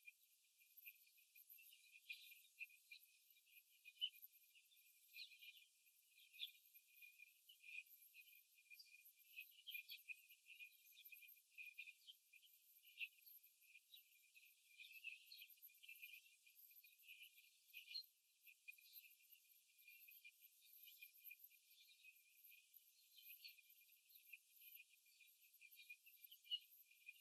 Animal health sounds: young laying hens in a cage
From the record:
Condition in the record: after the stressor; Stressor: simulated dog barking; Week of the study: 3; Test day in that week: 2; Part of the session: 3

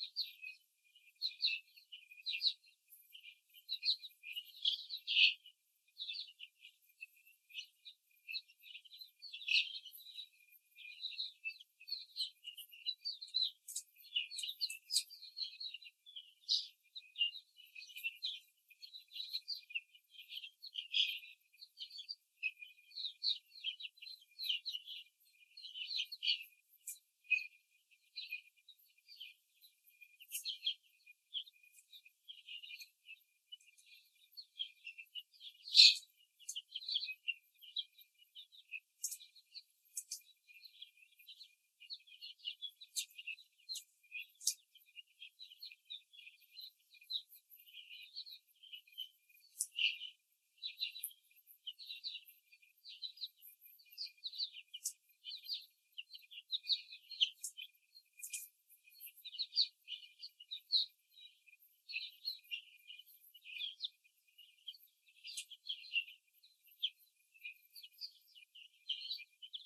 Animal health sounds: young laying hens in a cage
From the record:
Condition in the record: before the stressor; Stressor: simulated dog barking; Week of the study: 3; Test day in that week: 1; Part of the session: 3

